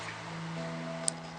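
A nano SIM card is pressed into the SIM 1 push-push slot of a Microsoft Lumia 950 so the spring latch releases it for removal with tweezers. Over a steady low hum, a sharp, tiny click sounds at 1.1 s, followed by another brief tick at the very end. The card clicks and is released from the slot.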